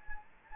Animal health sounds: mosquito wingbeat signal from an infrared sensor; Anopheles gambiae

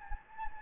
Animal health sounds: mosquito wingbeat signal from an infrared sensor; Anopheles gambiae

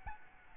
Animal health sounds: mosquito wingbeat signal from an infrared sensor; Aedes albopictus

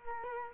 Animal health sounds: mosquito wingbeat signal from an infrared sensor; Culex quinquefasciatus

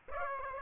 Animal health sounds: mosquito wingbeat signal from an infrared sensor; Aedes aegypti

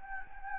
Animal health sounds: mosquito wingbeat signal from an infrared sensor; Anopheles gambiae

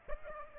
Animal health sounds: mosquito wingbeat signal from an infrared sensor; Aedes aegypti

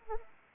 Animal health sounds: mosquito wingbeat signal from an infrared sensor; Anopheles arabiensis

